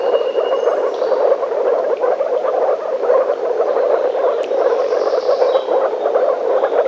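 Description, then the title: Frogs croaking together in a continuous rattling chorus. Frogs in a forest. "лягушки frogs in the forest"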